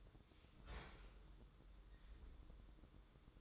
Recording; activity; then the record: daily activity, microphone in the room; open fridge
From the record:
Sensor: 3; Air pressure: 995.3 hPa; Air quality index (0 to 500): 77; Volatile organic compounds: 5 ppm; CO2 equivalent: 1808 ppm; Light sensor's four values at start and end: 19/56/24/20 and 19/56/24/20